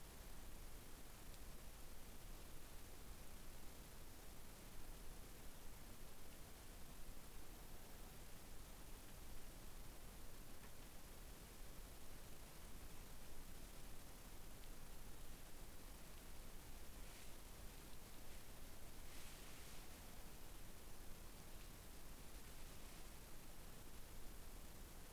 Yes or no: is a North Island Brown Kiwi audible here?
no